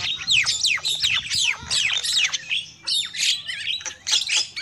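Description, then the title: Lovebird squawking chatter, a dense run of shrill, sharply rising and falling chirps with brief pauses, over a faint low hum. Lure call (pikat) used for trapping lovebirds. "PIKAT BURUNG LOVEBIRD"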